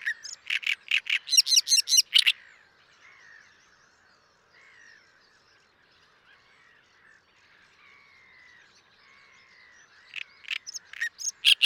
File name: Short songs of a presumably paired male